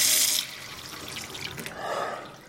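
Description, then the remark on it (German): Water gushes from a tap into a sink in a toilet as someone splashes water on their face, with a bright hiss, then settles into softer splashing and a burbling swell near the end. No voices. “Ich flüchtete auf die Toilette, klatschte mir Wasser ins Gesicht und trocknete die Augen.”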